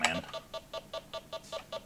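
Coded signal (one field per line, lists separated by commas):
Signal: none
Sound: game over beeps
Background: speech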